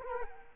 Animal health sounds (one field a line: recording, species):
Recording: mosquito wingbeat signal from an infrared sensor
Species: Culex quinquefasciatus